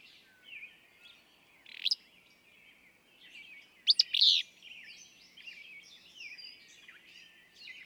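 Willow flycatcher giving one rough note and then a buzzy two-part phrase amid soft, scattered background bird calls.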